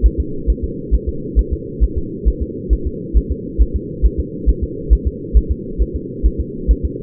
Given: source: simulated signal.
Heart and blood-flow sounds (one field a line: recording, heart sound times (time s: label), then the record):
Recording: fetal heart sounds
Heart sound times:
0.06 s: S1
0.20 s: S2
0.50 s: S1
0.64 s: S2
0.94 s: S1
1.09 s: S2
1.39 s: S1
1.53 s: S2
1.84 s: S1
1.98 s: S2
2.28 s: S1
2.42 s: S2
2.73 s: S1
2.87 s: S2
3.17 s: S1
3.31 s: S2
3.62 s: S1
3.76 s: S2
4.06 s: S1
4.20 s: S2
4.49 s: S1
4.63 s: S2
4.93 s: S1
5.07 s: S2
5.37 s: S1
5.51 s: S2
5.82 s: S1
5.96 s: S2
6.26 s: S1
6.41 s: S2
6.71 s: S1
6.85 s: S2
From the record:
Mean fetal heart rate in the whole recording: 135 bpm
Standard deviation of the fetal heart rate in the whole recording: 3 bpm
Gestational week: 34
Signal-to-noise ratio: -4.3 dB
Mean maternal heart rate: 72 bpm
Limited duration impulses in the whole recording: absent